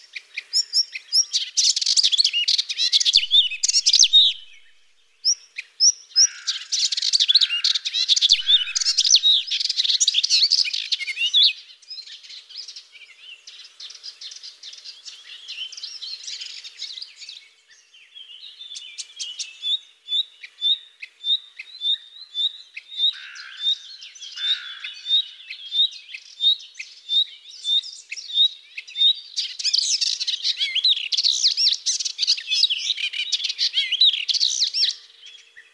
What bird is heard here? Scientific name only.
Hippolais polyglotta